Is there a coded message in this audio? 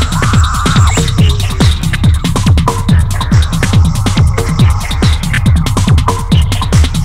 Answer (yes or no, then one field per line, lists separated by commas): no